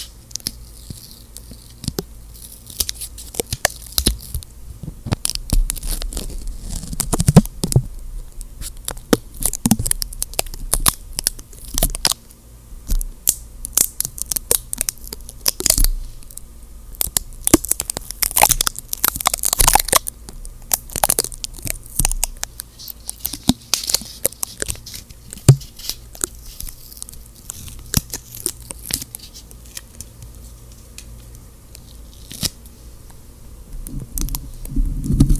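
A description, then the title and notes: Stickers, tape and gloves are handled, giving a dense run of crinkles, peels and sharp crackly snaps. The bursts come irregularly throughout, busiest around the middle, with a faint low hum underneath. ASMR | stickers + tape + gloves (no talking).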